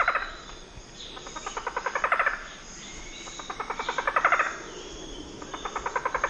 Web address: Natures Songs S America Eastern Lowlands Micrastur ruficollis, song